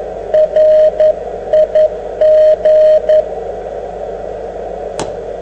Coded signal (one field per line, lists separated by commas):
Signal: Morse code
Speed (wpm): 11 wpm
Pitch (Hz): 620 Hz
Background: radio noise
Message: RIG